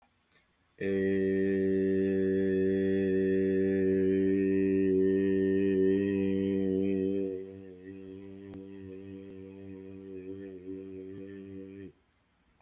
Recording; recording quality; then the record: sustained vowel as in made; excellent, no background noise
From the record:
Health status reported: exposed to COVID-19, no respiratory illness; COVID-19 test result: negative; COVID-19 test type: rapid antigen test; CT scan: not taken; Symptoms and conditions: none ticked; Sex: male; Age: 31 years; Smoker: yes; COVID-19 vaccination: both doses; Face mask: not worn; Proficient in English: yes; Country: Canada